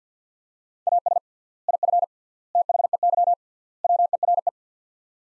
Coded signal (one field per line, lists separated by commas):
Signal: Morse code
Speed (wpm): 50 wpm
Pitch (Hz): 700 Hz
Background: none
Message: AS IF THEY WERE